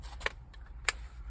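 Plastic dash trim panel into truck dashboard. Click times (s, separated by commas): 0.9 s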